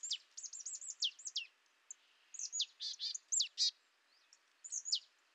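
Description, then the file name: Marsh tit giving a rapid run of high, downslurred sharp notes, then buzzy rasping notes and a few more thin descending calls. "Poecile palustris"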